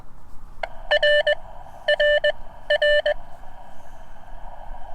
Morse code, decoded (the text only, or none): R R A